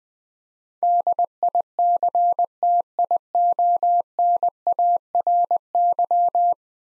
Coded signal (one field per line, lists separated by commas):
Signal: Morse code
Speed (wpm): 20 wpm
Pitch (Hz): 700 Hz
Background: none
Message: DICTIONARY